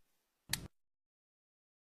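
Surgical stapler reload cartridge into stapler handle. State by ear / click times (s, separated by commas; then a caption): seated / 0.5 s. An Endo GIA surgical stapler reload cartridge is inserted into the stapler handle and rotated clockwise until it locks. A short, sharp click sounds at 0.5 s in an otherwise quiet stretch. The reload is seated, with the light-blue unload button properly in place and no red coloration showing underneath.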